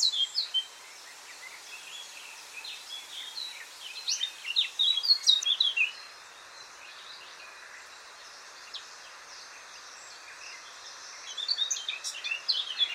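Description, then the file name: Eurasian blackcap giving bursts of fast, high, chattering warbles, a short one at the start, a longer one in the middle and another near the end, with quieter stretches between. "Sylvia atricapilla"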